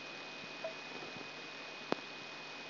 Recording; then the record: brain microelectrode recording played as sound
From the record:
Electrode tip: outside the subthalamic nucleus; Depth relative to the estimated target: 4 mm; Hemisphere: right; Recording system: AlphaMap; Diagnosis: Parkinson's disease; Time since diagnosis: 6 years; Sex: female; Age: 40 years